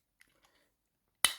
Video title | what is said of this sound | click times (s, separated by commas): CYBERVERSE WHIRL RACK N'RUN MEGATRON HAMMERBYTE ET REPUGNUS | jusqu'à ce que ça clipse. Voilà, donc ensuite remettre les jambes. | 1.2 s